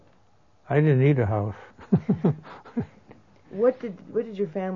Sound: laughs

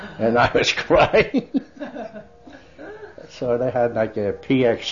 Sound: they laugh

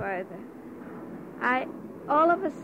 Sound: background train noise

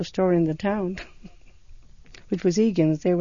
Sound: she laughs

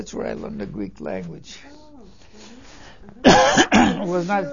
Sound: coughs

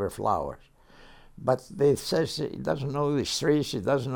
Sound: none

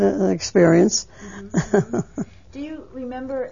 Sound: she laughs

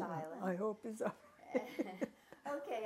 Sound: laughing

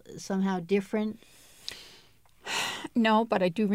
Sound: sighs

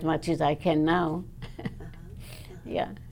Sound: laughs

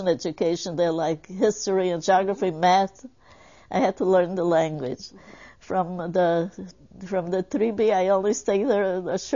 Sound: none

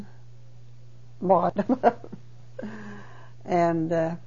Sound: she laughs

